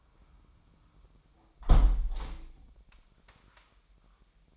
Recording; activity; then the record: daily activity, microphone in the room; close window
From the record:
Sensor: 1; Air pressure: 998.6 hPa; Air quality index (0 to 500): 132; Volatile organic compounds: 4 ppm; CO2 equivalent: 1588 ppm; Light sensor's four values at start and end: 10/23/10/12 and 9/22/9/11